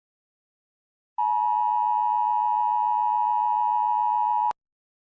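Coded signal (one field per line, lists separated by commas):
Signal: Emergency Alert System (SAME) tones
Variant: 853 and 960 Hz attention tone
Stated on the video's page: Fictional EAS scenario of a terrorist attack on the United Kingdom, simulated with text-to-speech.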